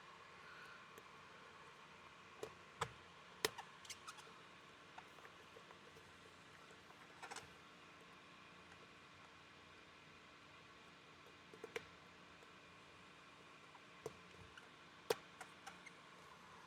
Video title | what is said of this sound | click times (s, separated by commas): POFENZE Carbon Steel Steering wheel - JEEP | And then each one of these when they go in, uh, they're going to have a very satisfying click. | 3.5 s, 11.8 s, 15.1 s